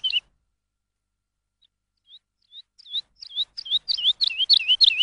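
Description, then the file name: Lark song starting with a single chirp, then sparse soft notes that build into a quickening run of loud, warbled whistles. Lark song used for training songbirds. "suara masteran lark"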